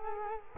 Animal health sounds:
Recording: mosquito wingbeat signal from an infrared sensor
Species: Culex quinquefasciatus

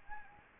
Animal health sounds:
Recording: mosquito wingbeat signal from an infrared sensor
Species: Anopheles gambiae

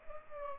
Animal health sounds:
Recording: mosquito wingbeat signal from an infrared sensor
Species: Culex pipiens

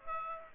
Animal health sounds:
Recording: mosquito wingbeat signal from an infrared sensor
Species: Aedes aegypti

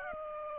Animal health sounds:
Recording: mosquito wingbeat signal from an infrared sensor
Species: Aedes aegypti

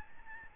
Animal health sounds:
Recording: mosquito wingbeat signal from an infrared sensor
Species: Aedes albopictus

